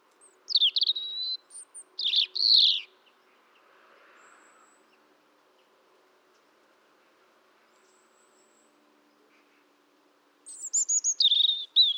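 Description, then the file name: European robin song in short bursts: two high warbling phrases, a long quiet pause, then a descending whistle that breaks into a tinkling trill. "Erithacus rubecula"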